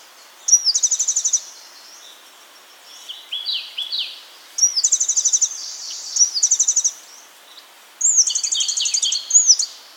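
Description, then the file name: Fire-capped tit giving high, rapid trilled bursts, several in a row, interspersed with lower twittering notes; quiet hiss in the background. Subspecies olivaceus. "Fire capped Tit Cephalopyrus flammiceps olivaceus"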